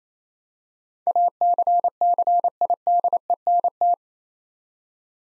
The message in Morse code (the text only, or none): ACCIDENT